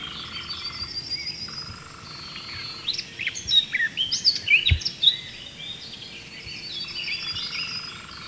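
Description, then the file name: Eurasian blackcap song: a short burst of rapid, varied warbling notes midway, over steady high insect-like tones. "Sylvia atricapilla"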